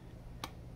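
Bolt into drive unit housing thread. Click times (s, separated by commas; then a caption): 0.4 s. A steel bolt is started into the thread of a Tesla drive unit housing and turned backwards until its thread drops into the start of the housing thread, showing it is engaging properly and will not ruin the thread. A single short, sharp click is heard at 0.4 s against a low steady background hum, and the bolt is seated.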